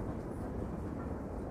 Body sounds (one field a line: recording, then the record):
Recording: background sound without coughing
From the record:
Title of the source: Train Ride Ambience ambient white noise for sleeping, focus, studying, reading